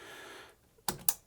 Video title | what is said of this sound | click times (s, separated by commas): Quick and Dirty DDR4 RAM Upgrade - 8Gb to 32Gb in the blink of an eye. | one's very fiddly there's the click wiggle it to make sure it's in | 0.9 s, 1.1 s